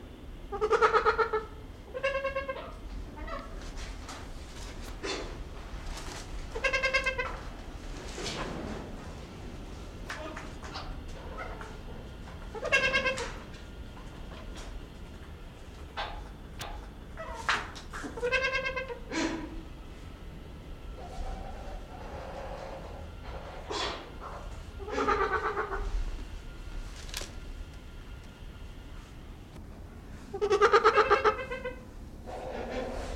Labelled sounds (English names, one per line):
Trumpeter Hornbill